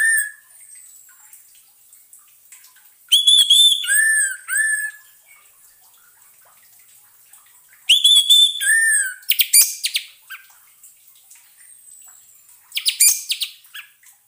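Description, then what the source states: Orange-headed thrush song: varied whistled phrases mixing slurred downward notes and quick high trills, delivered in three bursts with silent gaps between. Therapy sound for an orange-headed thrush (anis merah) that has stopped singing (macet bunyi).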